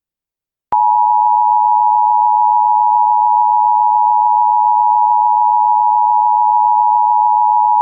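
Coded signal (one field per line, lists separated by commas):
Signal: Emergency Alert System (SAME) tones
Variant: 853 and 960 Hz attention tone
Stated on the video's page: Fictional EAS scenario based on Super Bowl 51.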